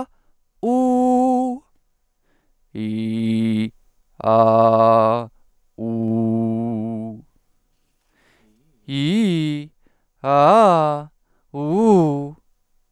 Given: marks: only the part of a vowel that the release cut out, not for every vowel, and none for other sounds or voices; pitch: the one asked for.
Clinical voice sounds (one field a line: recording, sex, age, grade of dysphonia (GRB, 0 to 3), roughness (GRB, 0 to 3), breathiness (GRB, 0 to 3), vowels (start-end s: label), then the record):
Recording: sustained vowels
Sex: male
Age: 20 to 29 years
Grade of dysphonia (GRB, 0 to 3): 0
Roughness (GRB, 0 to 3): 0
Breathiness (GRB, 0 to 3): 0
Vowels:
0.68-1.47 s: vowel /u/, high pitch
2.82-3.62 s: vowel /i/, low pitch
4.30-5.16 s: vowel /a/, low pitch
5.87-6.97 s: vowel /u/, low pitch
8.94-9.56 s: vowel /i/, low-high-low pitch
10.30-10.94 s: vowel /a/, low-high-low pitch
11.59-12.22 s: vowel /u/, low-high-low pitch
From the record:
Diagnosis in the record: dysodia (singing voice disorder)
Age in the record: 23 years